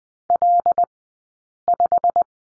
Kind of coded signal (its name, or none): Morse code